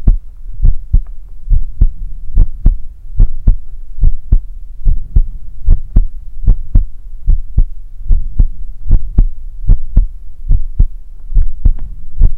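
A steady, normal adult heartbeat at about 73 beats per minute: paired, low-pitched thumps heard close up over a soft low hum, offered as ASMR to fall asleep to.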